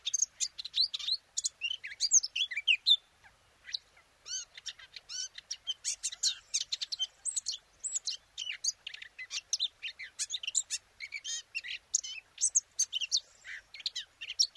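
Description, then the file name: Eurasian blackcap song, a sustained, lively warble of chirps, trills and sweeping whistled notes, with one brief lull early on. "Sylvia atricapilla"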